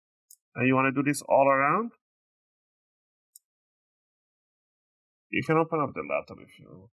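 A guitar pick is pushed between the plastic bottom cover and the palm rest of a Lenovo Ideapad L340 15IRH laptop and twisted, and a retaining clip pops loose with a short sharp click at 0.3 s. Someone talks, and a second brief click comes at 3.4 s before the talking resumes. The bottom cover clip is released.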